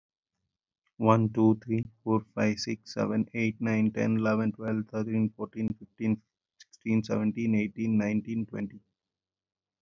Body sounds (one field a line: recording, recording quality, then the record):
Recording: counting at a fast pace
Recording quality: excellent, no background noise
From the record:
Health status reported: healthy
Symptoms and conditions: diabetes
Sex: male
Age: 41 years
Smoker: yes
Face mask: not worn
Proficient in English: yes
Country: India